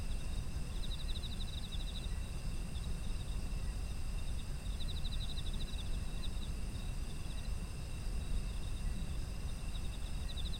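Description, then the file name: High insect trills recur in pulsed bursts every few seconds, set against steady whining insect tones and deep low-frequency rumble. Ambient sound of insects in autumn. "秋の虫の環境音"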